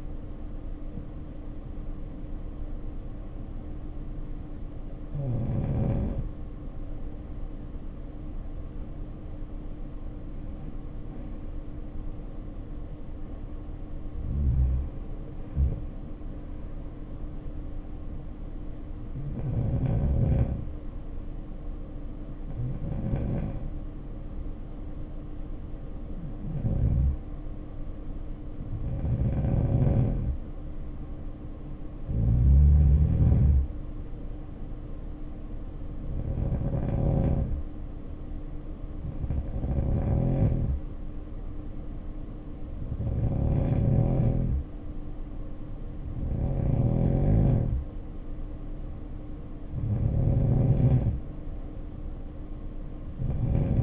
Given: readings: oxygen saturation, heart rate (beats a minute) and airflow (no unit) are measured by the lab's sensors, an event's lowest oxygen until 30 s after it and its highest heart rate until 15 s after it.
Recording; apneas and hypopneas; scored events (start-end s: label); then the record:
breathing in sleep by a smartphone at the bedside; 1
4.00-19.80 s: hypopnea (N2, oxygen 92% highest, then 91% lowest, heart rate 60 at the start, 62 highest)
From the record:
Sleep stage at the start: N2 (light sleep); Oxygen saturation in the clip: 91 to 95%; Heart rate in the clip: 53 to 66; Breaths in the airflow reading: 12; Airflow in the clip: -5.3 to 6.5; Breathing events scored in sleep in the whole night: 520 in 7.2 hours asleep